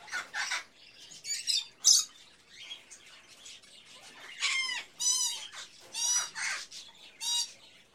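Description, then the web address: Birds chattering with mixed squawks, then clear rising and falling whistled notes repeated several times in the second half over constant background twittering. Various birds in a pet shop, ambience. "Sound Ideas Series 2000 Birds, Various Birds In A Pet Shop, Ambience"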